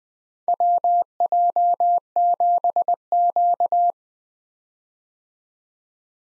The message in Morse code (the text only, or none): WJ7Q